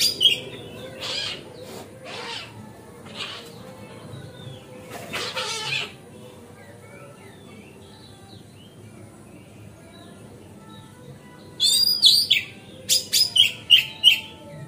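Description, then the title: Magpie-robin song: harsh, scratchy bursts at the start, a long quiet gap, then rapid high chirps and whistled notes near the end. Masteran song. "Kacer Masteran Teras"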